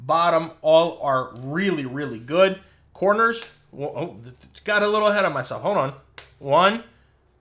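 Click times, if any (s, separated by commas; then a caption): none. A protective case is being fitted around the corners of an iPhone 17 Pro Max smartphone, and someone talks throughout while handling it. Nothing has seated or clicked yet. The clip ends just before the first corner goes home.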